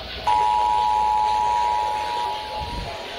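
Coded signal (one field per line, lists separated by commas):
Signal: Emergency Alert System (SAME) tones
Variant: 853 and 960 Hz attention tone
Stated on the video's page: Severe thunderstorm, flash flood and tornado alerts caught over NOAA Weather Radio and commercial AM/FM radio.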